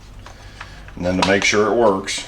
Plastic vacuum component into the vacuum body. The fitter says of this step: we're going to push it in and lock it in